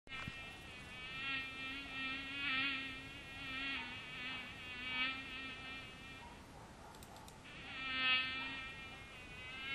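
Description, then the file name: Mosquito buzzing in flight, a continuous nasal whine that swells and fades, weaker around seven seconds before returning strongly. "komarac"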